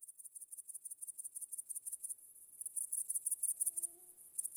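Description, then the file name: Cricket song of quick, high-pitched pulses repeating evenly, briefly faltering midway, while a short, low hoot-like tone sounds faintly toward the end. "świerszcze"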